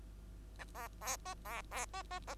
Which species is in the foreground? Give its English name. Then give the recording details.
Bengalese Finch. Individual Bird2